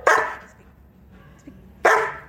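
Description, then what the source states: German Shepherd: dog barking, two loud harsh barks separated by a short quiet pause. German Shepherd with a very big, deep bark.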